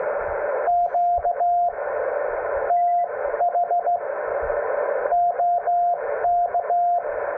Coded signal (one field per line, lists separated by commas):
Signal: Morse code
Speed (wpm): 17 wpm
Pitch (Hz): 700 Hz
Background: radio noise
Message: QTH OK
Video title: Morse Code QSOs on 18 MHz - Parks on the Air Activation